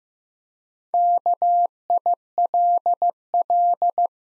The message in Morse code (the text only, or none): KILL